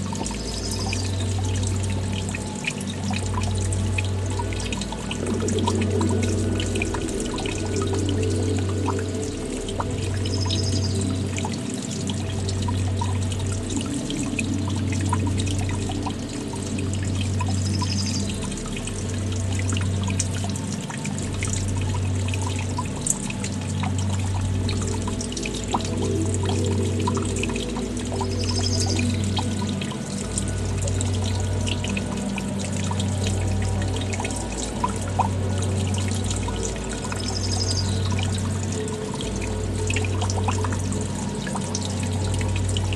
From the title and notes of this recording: Nature & Music - Brookside Meditation. This bonus episode has no story, only binaural nature sounds I recorded here at my cabin mixed with relaxing music.